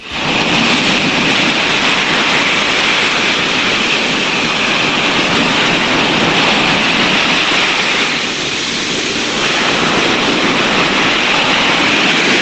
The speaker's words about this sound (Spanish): Efectivamente, lo que se escucha son olas rompiendo en mis pies, convertidas en espuma.